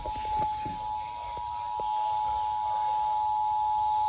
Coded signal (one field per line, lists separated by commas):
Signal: Emergency Alert System (SAME) tones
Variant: 853 and 960 Hz attention tone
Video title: THE BORING ENHANCED RISK! EAS alerts from 3/24/2023. [EAS #1250 - #1266]